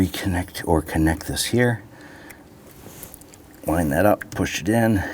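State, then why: Not seated. Someone talks while the plastic connector of a downstream oxygen sensor on a 2011-2015 Kia Sorento 2.4L L4 is handled and lined up with the vehicle's wiring harness plug, just before it is pushed home. Only small handling noises are heard in the quieter stretch between about 2.3 and 3.3 seconds. Nothing has seated or clicked yet.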